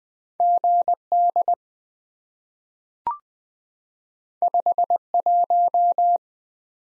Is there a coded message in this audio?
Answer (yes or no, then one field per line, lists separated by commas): yes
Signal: Morse code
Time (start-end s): 0.4-6.2 s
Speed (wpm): 20 wpm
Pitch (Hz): 700 Hz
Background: none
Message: GD 51